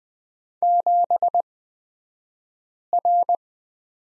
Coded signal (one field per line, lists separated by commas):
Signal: Morse code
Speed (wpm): 20 wpm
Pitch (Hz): 700 Hz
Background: none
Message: 7R